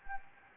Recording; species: mosquito wingbeat signal from an infrared sensor; Anopheles gambiae